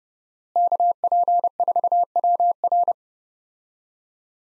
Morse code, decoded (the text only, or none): KP4WR